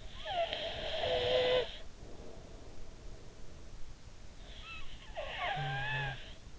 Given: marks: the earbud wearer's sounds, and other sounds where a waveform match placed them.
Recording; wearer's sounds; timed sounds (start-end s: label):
sounds in sleep by an in-ear microphone; snoring breath
0.00-3.92 s: snoring breath
4.64-6.57 s: snoring breath